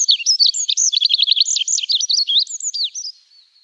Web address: Schulze Peter Olive-backed Pipit song